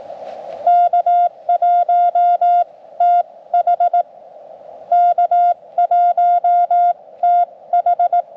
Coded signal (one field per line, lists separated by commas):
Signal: Morse code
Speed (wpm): 18 wpm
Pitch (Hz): 700 Hz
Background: none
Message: K1TH K1TH